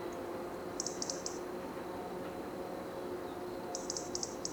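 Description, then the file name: European robin calls: two short clusters of very high, rapid ticking notes, one near the start and one near the end, over steady low background hiss. "Erithacus rubecula"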